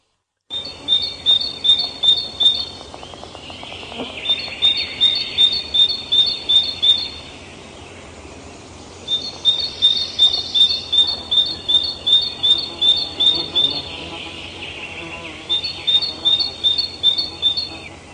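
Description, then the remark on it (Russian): Tits sing in bursts of rapid, repeated high-pitched notes, each series lasting a few seconds before a short pause and another run. No one speaks. “Синицы.”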